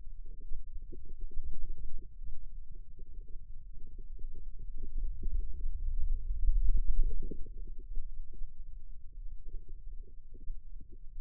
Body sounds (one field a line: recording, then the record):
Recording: forearm muscle sounds (acoustic myography)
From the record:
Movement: wrist extension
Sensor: system 2, bracelet of six BSWA MPA416 microphones around the upper forearm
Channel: 5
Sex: male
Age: 22 years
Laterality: right